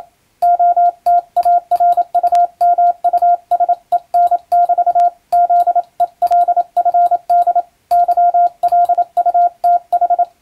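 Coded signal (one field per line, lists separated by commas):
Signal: Morse code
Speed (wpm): 27 wpm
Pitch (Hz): 700 Hz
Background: radio noise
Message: OTARUMUSEN<BT> ZELFD YLUTH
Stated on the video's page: Morse reception practice from a European-language telegram practice book, for radiotelegraph operator and amateur radio training.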